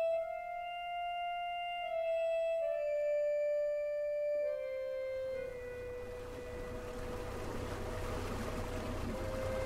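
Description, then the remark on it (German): A small motorboat with a cargo hatch and thin fabric roof, steered out of a harbour at Sestroretsk far east in the Gulf of Finland, drones steadily with a strong harmonic hum that shifts down in pitch in steps, then settles into a rougher, noisier rumble as water wash rises underneath. “Steuert ein Motorboot aus einem schattengrünen Hafen, weit östlich im finnischen Meerbusen.”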